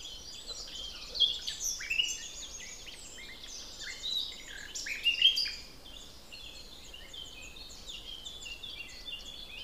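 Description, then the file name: Common nightingale singing two strong phrases of varied whistles and trills, the first early and the second midway, with quieter song between them. "Luscinia megarhynchos"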